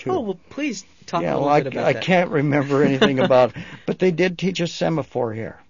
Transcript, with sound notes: Oh, well, please talk a little bit about that.
I can't remember anything about it. (they laugh) But they did teach us semaphore here.